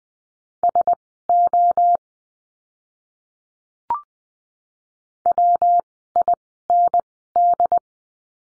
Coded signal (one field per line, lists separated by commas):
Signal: Morse code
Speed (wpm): 20 wpm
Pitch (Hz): 700 Hz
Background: none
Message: SO WIND